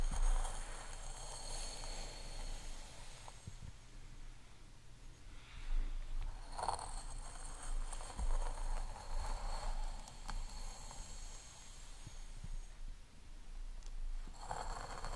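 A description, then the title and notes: Soft brushing and combing through hair, a steady rustle in repeated strokes that swell and fade every couple of seconds, loudest near the start, around six to eight seconds, and at the end. A low hum sits underneath, with faint high tones lingering in the background. ASMR Crown Chakra Hair Treatment Crystal Comb, Massage, Hair Brushing.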